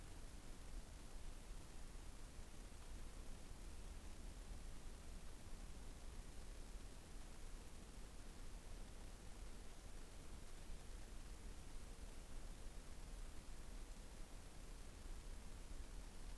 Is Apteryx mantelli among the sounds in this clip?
no